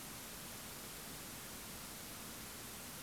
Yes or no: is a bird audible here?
no